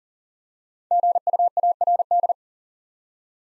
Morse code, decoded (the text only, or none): GUARD